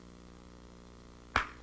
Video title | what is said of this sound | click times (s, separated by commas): Home Right Products 'How To Paint' Promo VHS (1994 Version) | Then just push down till it snaps into place. | 1.4 s